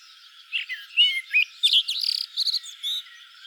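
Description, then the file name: Common blackbird song, a run of fluting whistled notes and slurs with a quick burst of high twittering. "Turdus merula"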